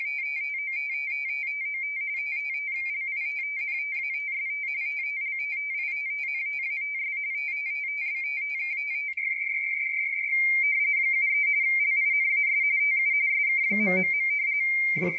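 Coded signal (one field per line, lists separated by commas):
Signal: RTTY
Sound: steady warbling two-tone teletype chatter, fast alternation between two close high tones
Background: brief speech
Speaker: now i switch to manual all right got my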